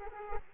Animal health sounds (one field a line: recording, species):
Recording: mosquito wingbeat signal from an infrared sensor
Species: Aedes aegypti